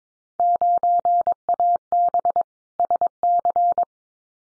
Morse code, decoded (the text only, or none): 9AB SC